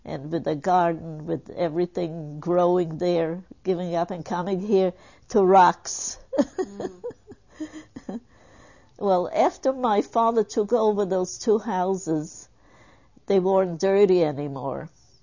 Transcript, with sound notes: and with a garden with everything growing there, giving up and coming here to (she laughs) Well, after my father took over those two houses, they weren't dirty anymore.